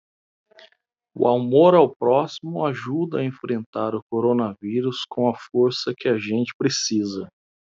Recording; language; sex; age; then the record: spoken sentence; Brazilian Portuguese; male; 30 to 39 years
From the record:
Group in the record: control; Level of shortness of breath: 0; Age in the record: 39 years